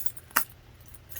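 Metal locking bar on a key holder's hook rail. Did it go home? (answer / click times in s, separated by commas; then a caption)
no / none. The metal locking bar of an LV leather six-ring key holder is slid back across its ring hooks after a key is put back on. Keys jangle lightly, with one bright metallic tap at about 0.4 s amid faint rustling. Nothing has seated or clicked into place yet.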